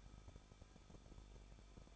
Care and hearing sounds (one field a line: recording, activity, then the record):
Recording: daily activity, microphone in the room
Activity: no activity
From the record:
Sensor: 5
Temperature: 20.9 degrees Celsius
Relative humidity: 38.2%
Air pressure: 1006.4 hPa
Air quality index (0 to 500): 188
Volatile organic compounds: 18 ppm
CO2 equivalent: 2636 ppm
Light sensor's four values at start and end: 2/3/1/1 and 2/3/1/1